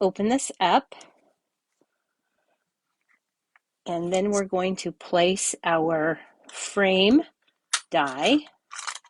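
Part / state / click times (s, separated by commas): metal frame die into plastic embossing folder / not seated / none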